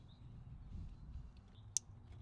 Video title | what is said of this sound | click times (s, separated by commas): How To: Replace Fuel Filter on a Duramax | like that so it clicks | 1.8 s